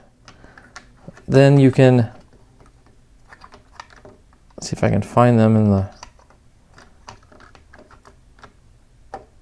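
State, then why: Seated. A plastic part from a DeAgostini Lotus F1 model kit is fiddled with, giving a scatter of small ticks and taps while someone talks. Its pins pop into the screw holes of the chassis with a sharp click at 9.1 s, seating the part in place.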